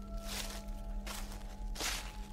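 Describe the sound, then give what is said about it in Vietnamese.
Three slow, evenly spaced crunching footsteps on gravel and dry leaves outside, each a rough, scratchy burst, over a steady low electrical hum. “Ở bên ngoài bắt đầu có tiếng động, tiếng sỏi đá lạo xạo, tiếng bước chân dẫm lên lá cây loạt xoạt.”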